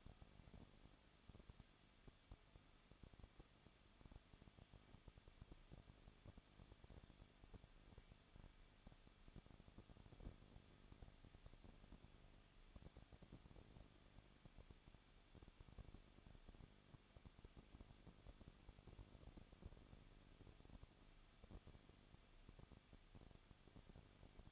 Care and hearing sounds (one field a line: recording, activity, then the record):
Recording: daily activity, microphone in the room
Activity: no activity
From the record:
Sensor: 4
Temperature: 23.1 degrees Celsius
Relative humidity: 34.1%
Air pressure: 1007.2 hPa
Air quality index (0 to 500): 214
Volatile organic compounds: 14 ppm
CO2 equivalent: 2473 ppm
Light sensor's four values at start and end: 2/3/1/1 and 2/3/1/1